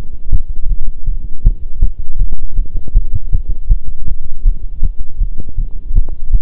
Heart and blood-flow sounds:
heart sounds by stethoscope; between the tricuspid and mitral areas; 160 bpm
0.32 s: heartbeat
0.69 s: heartbeat
1.07 s: heartbeat
1.45 s: heartbeat
1.82 s: heartbeat
2.20 s: heartbeat
2.57 s: heartbeat
2.95 s: heartbeat
3.33 s: heartbeat
3.70 s: heartbeat
4.07 s: heartbeat
4.45 s: heartbeat
4.83 s: heartbeat
5.20 s: heartbeat
5.58 s: heartbeat
5.96 s: heartbeat
6.33 s: heartbeat
From the record:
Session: pedaling a stationary bicycle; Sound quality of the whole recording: partially saturated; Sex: male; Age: 23 years

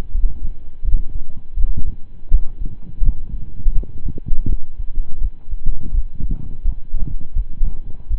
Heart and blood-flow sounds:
heart sounds by stethoscope; between the tricuspid and mitral areas; 83 bpm
0.11 s: heartbeat
0.81 s: heartbeat
1.54 s: heartbeat
2.28 s: heartbeat
3.01 s: heartbeat
3.72 s: heartbeat
4.46 s: heartbeat
5.18 s: heartbeat
5.91 s: heartbeat
6.62 s: heartbeat
7.33 s: heartbeat
8.07 s: heartbeat
From the record:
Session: slow and fast walking with breaks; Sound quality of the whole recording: saturated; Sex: male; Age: 25 years

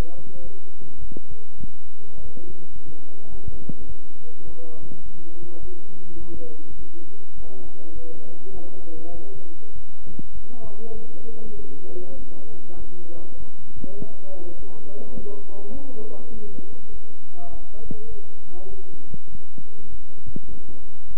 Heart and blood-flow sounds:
heart sounds by stethoscope; between the tricuspid and mitral areas; 102 bpm
0.42 s: heartbeat
1.00 s: heartbeat
1.58 s: heartbeat
2.16 s: heartbeat
2.73 s: heartbeat
3.30 s: heartbeat
3.87 s: heartbeat
4.45 s: heartbeat
5.04 s: heartbeat
5.60 s: heartbeat
6.18 s: heartbeat
6.77 s: heartbeat
7.36 s: heartbeat
7.93 s: heartbeat
8.53 s: heartbeat
9.12 s: heartbeat
9.73 s: heartbeat
10.33 s: heartbeat
10.93 s: heartbeat
11.55 s: heartbeat
12.17 s: heartbeat
12.77 s: heartbeat
13.38 s: heartbeat
13.97 s: heartbeat
14.57 s: heartbeat
15.15 s: heartbeat
15.73 s: heartbeat
16.32 s: heartbeat
16.91 s: heartbeat
17.51 s: heartbeat
18.09 s: heartbeat
18.69 s: heartbeat
19.30 s: heartbeat
19.90 s: heartbeat
20.49 s: heartbeat
21.08 s: heartbeat
From the record:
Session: bicycle stress test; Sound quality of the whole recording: good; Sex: male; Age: 23 years

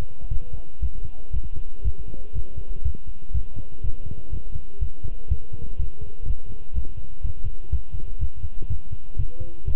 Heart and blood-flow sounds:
heart sounds by stethoscope; between the tricuspid and mitral areas; 122 bpm
0.30 s: heartbeat
0.81 s: heartbeat
1.33 s: heartbeat
1.84 s: heartbeat
2.34 s: heartbeat
2.84 s: heartbeat
3.33 s: heartbeat
3.83 s: heartbeat
4.32 s: heartbeat
4.81 s: heartbeat
5.30 s: heartbeat
5.78 s: heartbeat
6.27 s: heartbeat
6.75 s: heartbeat
7.23 s: heartbeat
7.71 s: heartbeat
8.20 s: heartbeat
8.69 s: heartbeat
9.18 s: heartbeat
9.66 s: heartbeat
From the record:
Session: walking at 3.7 km/h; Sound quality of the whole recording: good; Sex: male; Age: 25 years

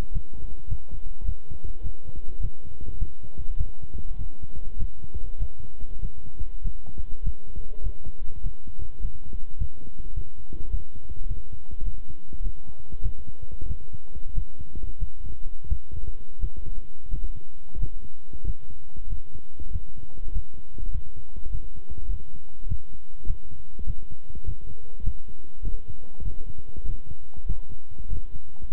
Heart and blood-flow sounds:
heart sounds by stethoscope; between the tricuspid and mitral areas; 99 bpm
0.11 s: heartbeat
0.67 s: heartbeat
1.24 s: heartbeat
1.82 s: heartbeat
2.40 s: heartbeat
2.97 s: heartbeat
3.56 s: heartbeat
4.16 s: heartbeat
4.77 s: heartbeat
5.37 s: heartbeat
6.00 s: heartbeat
6.62 s: heartbeat
7.22 s: heartbeat
7.82 s: heartbeat
8.41 s: heartbeat
9.00 s: heartbeat
9.57 s: heartbeat
10.13 s: heartbeat
10.70 s: heartbeat
11.26 s: heartbeat
11.83 s: heartbeat
12.41 s: heartbeat
13.01 s: heartbeat
13.66 s: heartbeat
14.33 s: heartbeat
14.98 s: heartbeat
15.68 s: heartbeat
16.39 s: heartbeat
17.09 s: heartbeat
17.78 s: heartbeat
18.44 s: heartbeat
19.08 s: heartbeat
19.71 s: heartbeat
20.31 s: heartbeat
20.90 s: heartbeat
21.50 s: heartbeat
22.09 s: heartbeat
22.67 s: heartbeat
23.25 s: heartbeat
23.85 s: heartbeat
24.44 s: heartbeat
25.03 s: heartbeat
25.62 s: heartbeat
26.22 s: heartbeat
26.84 s: heartbeat
27.45 s: heartbeat
28.08 s: heartbeat
28.70 s: heartbeat
From the record:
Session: walking at 3.7 km/h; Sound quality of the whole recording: good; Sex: male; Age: 26 years

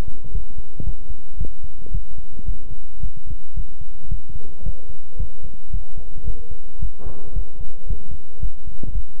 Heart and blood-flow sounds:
heart sounds by stethoscope; between the tricuspid and mitral areas; 112 bpm
0.32 s: heartbeat
0.83 s: heartbeat
1.37 s: heartbeat
1.91 s: heartbeat
2.45 s: heartbeat
3.00 s: heartbeat
3.54 s: heartbeat
4.08 s: heartbeat
4.62 s: heartbeat
5.16 s: heartbeat
5.70 s: heartbeat
6.24 s: heartbeat
6.79 s: heartbeat
7.33 s: heartbeat
7.87 s: heartbeat
8.39 s: heartbeat
8.92 s: heartbeat
From the record:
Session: pedaling a stationary bicycle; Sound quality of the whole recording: good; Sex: male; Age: 24 years

